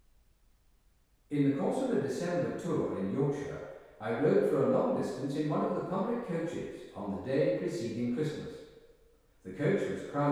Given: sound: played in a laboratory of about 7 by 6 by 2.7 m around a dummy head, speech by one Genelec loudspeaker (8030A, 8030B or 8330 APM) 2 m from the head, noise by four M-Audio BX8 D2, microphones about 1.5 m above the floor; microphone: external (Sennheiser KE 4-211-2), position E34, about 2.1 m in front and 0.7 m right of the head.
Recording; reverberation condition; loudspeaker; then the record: male speech in English; high; 60 degrees to the left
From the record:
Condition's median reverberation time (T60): about 1300 ms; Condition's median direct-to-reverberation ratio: about -4.0 dB